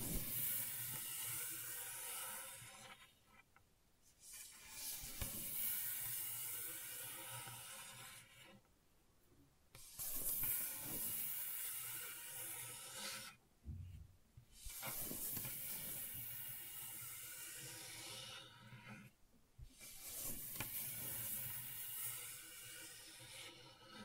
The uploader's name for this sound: ASMR Gentle Scratching